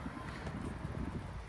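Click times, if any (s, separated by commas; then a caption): none. An A2Z Typhoon Pro charging adapter is pushed onto the connector plug of a Tesla Supercharger to charge a Bolt. Only steady wind-like noise with a low rumble is heard, with no distinct click or impact. Nothing has seated or clicked yet, and this first attempt did not charge.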